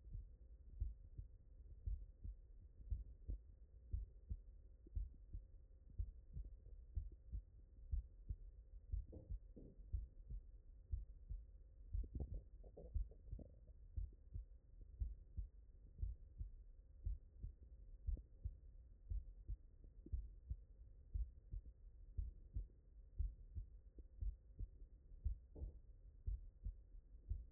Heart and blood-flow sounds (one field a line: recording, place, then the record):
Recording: heart sounds by stethoscope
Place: mitral valve (MV)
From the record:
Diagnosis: non-HFrEF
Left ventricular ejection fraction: 66%